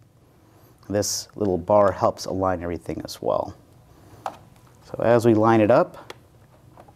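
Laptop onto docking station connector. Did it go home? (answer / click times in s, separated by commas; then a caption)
no / none. A laptop is lined up with the notch and alignment bar on a Lenovo ThinkPad Pro Dock docking station while someone talks, with a brief sharp tap around 4.3 s. Nothing has seated or clicked into place yet.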